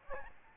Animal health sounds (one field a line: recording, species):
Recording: mosquito wingbeat signal from an infrared sensor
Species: Aedes albopictus